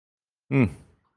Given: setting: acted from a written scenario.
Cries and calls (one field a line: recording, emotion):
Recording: vocal sound without words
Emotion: neutral